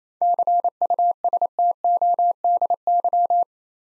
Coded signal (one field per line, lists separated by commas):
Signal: Morse code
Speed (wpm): 29 wpm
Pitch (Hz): 700 Hz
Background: none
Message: CUSTODY